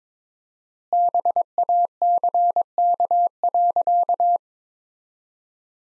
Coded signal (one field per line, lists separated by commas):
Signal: Morse code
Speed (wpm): 22 wpm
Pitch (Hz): 700 Hz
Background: none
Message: BACK.